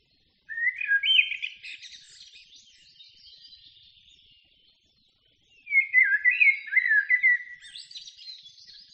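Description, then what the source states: Common blackbird song: a mellow fluting phrase rising and falling, trailing into a quieter, higher twittering flourish, then after a pause another warbled phrase with a squeaky ending. In a forest.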